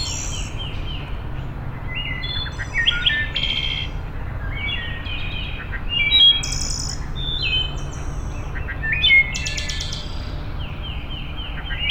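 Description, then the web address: Wood thrush song: varied liquid whistled phrases with high ringing trills, given every few seconds over steady low background noise. Recorded on 6 May 2007. "Wood Thrush 2007 05 06"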